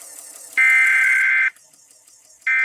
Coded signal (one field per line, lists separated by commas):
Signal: Emergency Alert System (SAME) tones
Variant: header bursts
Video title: INSERT OBNOXIOUS TEXT HERE. Broadcast Radio/TV EAS: Required Monthly Test (EAS #640-644)